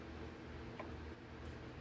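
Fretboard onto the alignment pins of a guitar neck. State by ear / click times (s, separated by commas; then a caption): seated / 0.8 s. A wooden guitar fretboard is lined up one-handed and pressed down onto small alignment pins in a guitar neck, so the pins enter holes drilled in the fretboard. Over a steady low background hum, a single short snap is heard at 0.8 s. The fretboard is seated on the pins and no longer moves.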